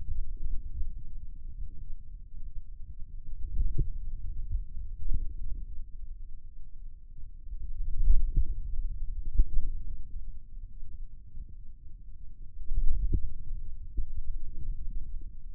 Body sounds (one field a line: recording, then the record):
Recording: forearm muscle sounds (acoustic myography)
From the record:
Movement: hand closing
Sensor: system 2, bracelet of six BSWA MPA416 microphones around the upper forearm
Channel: 3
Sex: male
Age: 22 years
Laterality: right